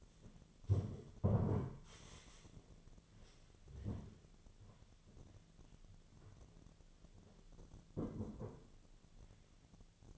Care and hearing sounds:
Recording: daily activity, microphone in the room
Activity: stand up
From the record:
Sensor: 4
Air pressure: 1008.9 hPa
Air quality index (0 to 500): 171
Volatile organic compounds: 5 ppm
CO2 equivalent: 1716 ppm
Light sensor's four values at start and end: 23/73/28/26 and 23/73/28/26

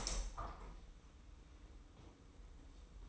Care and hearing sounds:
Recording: daily activity, microphone in the room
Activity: open window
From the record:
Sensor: 1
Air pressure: 990.3 hPa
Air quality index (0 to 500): 173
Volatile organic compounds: 1000 ppm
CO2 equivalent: 6337 ppm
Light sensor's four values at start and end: 21/48/21/22 and 22/50/21/23

